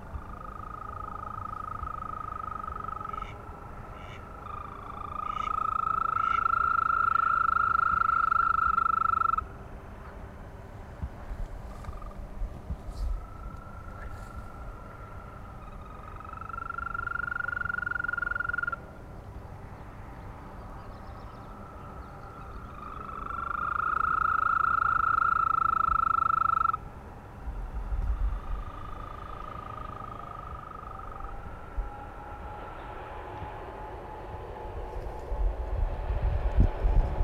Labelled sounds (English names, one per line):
Green Toad call